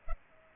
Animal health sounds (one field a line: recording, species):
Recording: mosquito wingbeat signal from an infrared sensor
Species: Culex pipiens